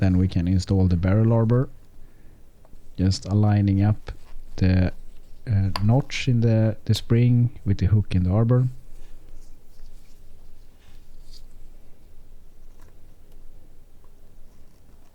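Someone talks while a steel barrel arbor is handled against the mainspring inside the watch barrel of a 1975 Longines caliber 5601 movement, lining up the spring's notch with the arbor hook. After the talk, only faint small handling sounds are heard. Nothing has seated or clicked yet.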